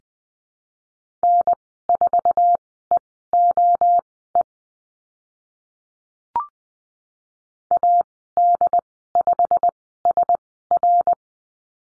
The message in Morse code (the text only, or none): N4EOE AD5SR